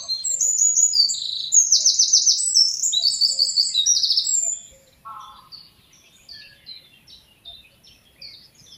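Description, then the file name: Eurasian wren delivering a vigorous high-pitched song of rapid trills and buzzy rattles for about four and a half seconds, followed by quieter scattered chirps and a brief lower call. "Troglodytes troglodytes"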